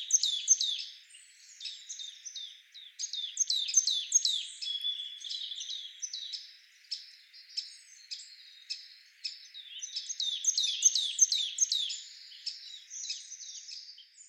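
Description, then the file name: Marsh tit calls: many high, quick, downward-flicking notes in repeated bursts, almost continuous throughout. "Poecile palustris"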